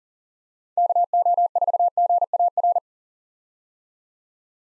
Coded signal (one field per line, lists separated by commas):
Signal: Morse code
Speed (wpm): 40 wpm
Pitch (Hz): 700 Hz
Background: none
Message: KO4GAR